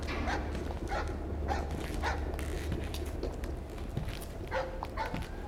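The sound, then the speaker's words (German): A vicious dog on a Dutch barge moored at the bank at Port de Javel yaps aggressively in a run of sharp, repeated barks at an irregular pace, heard over a steady low rumbling hum. “Von einem holländischen Kahn, der am Ufer festgemacht war, kläffte ein Hund von der bissigen Sorte.”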